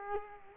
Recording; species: mosquito wingbeat signal from an infrared sensor; Culex quinquefasciatus